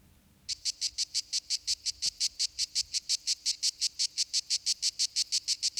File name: Lyristes plebejus